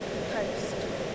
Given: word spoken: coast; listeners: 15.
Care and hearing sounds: one English word in noise, from a listening test; speech-shaped noise; -5.5 dB; 1 of 15; 13 of 15; 0.75 s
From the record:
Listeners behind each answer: 13, 1, 1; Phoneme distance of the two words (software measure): 10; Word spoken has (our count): 1 syllable, 4 phonemes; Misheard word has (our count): 1 syllable, 4 phonemes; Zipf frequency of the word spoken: 4.86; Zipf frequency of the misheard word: 4.87

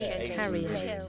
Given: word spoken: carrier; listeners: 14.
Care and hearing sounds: one English word in noise, from a listening test; four-talker babble; -0.3 dB; 0 of 14; 7 of 14; 0.69 s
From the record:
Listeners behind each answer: 7, 2, 1, 1, 1, 1, 1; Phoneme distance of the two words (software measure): 17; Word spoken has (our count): 2 syllables, 4 phonemes, stress on syllable 1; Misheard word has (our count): 2 syllables, 5 phonemes, stress on syllable 1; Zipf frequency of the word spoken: 3.88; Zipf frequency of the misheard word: 4.69

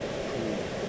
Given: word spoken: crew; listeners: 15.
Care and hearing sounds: one English word in noise, from a listening test; speech-shaped noise; -5.4 dB; 0 of 15; 6 of 15; 0.49 s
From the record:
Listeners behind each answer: 6, 3, 2, 1, 1, 1, 1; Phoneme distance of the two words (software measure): 17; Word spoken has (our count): 1 syllable, 3 phonemes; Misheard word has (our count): 1 syllable, 4 phonemes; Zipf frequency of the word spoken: 4.72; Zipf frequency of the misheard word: 4.78

